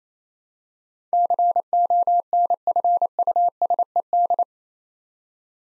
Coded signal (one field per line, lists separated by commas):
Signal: Morse code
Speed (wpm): 27 wpm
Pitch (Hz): 700 Hz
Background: none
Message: CONFUSED